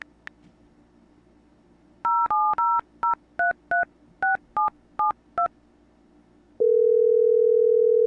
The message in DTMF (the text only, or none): 0700336772